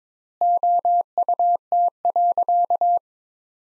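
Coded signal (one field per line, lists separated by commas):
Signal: Morse code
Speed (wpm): 22 wpm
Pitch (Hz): 700 Hz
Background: none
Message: OUT.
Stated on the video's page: Computer-generated practice sentences from the top 300 words at 22 wpm with 3x word spacing, a Farnsworth-like method applied to words.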